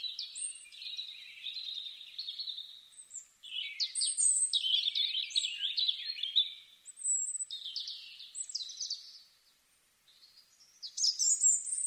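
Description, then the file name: European robin song in several separate phrases, each a jumble of high whistles, twitters and sharp squeaks, with brief pauses between them. "Erithacus rubecula"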